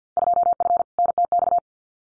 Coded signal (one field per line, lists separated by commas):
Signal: Morse code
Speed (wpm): 48 wpm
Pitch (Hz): 700 Hz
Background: none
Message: 2F NTX